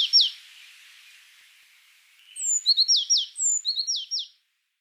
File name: Cyanistes cyanus